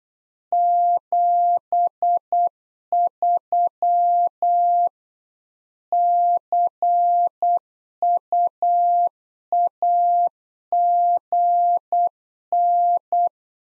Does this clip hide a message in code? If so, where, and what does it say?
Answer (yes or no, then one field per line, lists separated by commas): yes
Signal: Morse code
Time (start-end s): 0.5-13.3 s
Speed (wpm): 8 wpm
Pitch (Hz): 700 Hz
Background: none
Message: 73 CUAGN